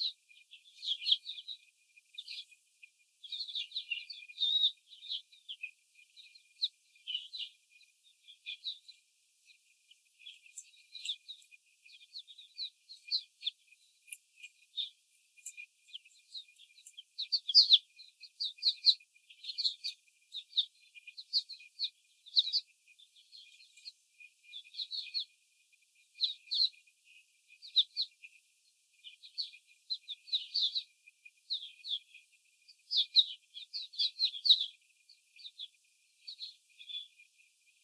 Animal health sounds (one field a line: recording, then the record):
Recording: young laying hens in a cage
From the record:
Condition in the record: before the stressor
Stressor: simulated dog barking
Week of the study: 4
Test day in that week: 3